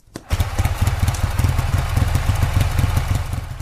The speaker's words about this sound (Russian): Костик завел мотоцикл.